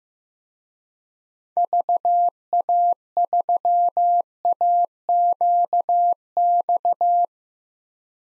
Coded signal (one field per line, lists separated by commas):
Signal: Morse code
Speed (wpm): 15 wpm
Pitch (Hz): 700 Hz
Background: none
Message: VA3AQX